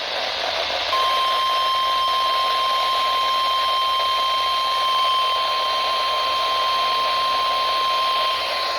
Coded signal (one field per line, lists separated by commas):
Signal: Emergency Alert System (SAME) tones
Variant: 1050 Hz attention tone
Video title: RING OF FIRE - EAS Alerts from 07/05/2022 (EAS #582-619)